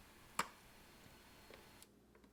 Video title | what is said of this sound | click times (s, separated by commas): How to Replace Refrigerator Water or Ice Maker Switch | and make sure it clicks into place | 0.4 s